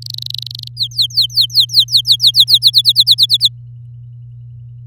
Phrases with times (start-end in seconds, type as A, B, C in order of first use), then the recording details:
0.02-0.68 A, 0.77-2.71 B, 2.73-3.48 C. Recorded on 8 May 2018 at 05:51. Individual llb16